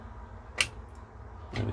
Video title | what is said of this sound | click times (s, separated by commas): Philips VR2022 - Replacing the Mains Suppressor Capacitor and troubleshooting a playback issue | go that makes a satisfying clicking noise which means it's probably in the right place | 0.6 s